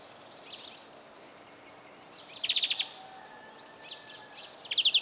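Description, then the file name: European greenfinch giving soft scattered chirps, a rapid rattling trill, and another rapid trill at the end, over a faint background hiss. "Chloris chloris"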